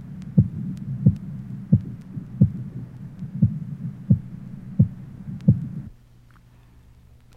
Age 38, rheumatic heart disease with aortic insufficiency. Pistol shot sounds over the femoral artery.